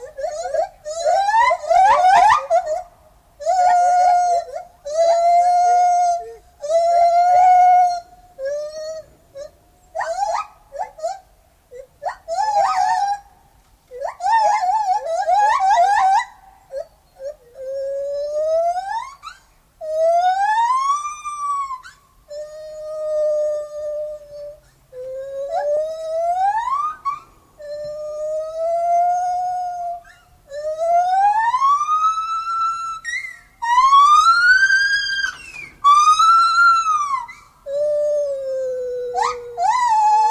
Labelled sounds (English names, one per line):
Lar Gibbon song